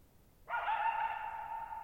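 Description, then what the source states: Coyote giving a single rough, drawn-out call that holds steady for over a second before a second call begins at the end. Lone coyote vocalizing for nearly 50 minutes, night of July 14, 2019, Thirtymile Meadows, Okanogan National Forest, Okanogan High Country, Pacific Northwest, 6400 ft (1950 m); high dry plateau, shallow-bowl meadow.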